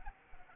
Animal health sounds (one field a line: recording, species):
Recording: mosquito wingbeat signal from an infrared sensor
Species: Anopheles gambiae